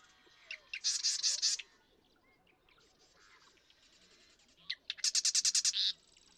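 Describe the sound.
Marsh Wren sings two songs a few seconds apart, each a rapid, harsh, machine-like rattle preceded by clicks.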